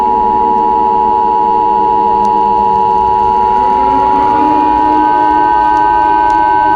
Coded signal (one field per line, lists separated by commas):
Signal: Emergency Alert System (SAME) tones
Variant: 853 and 960 Hz attention tone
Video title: EAS Scenario TikTok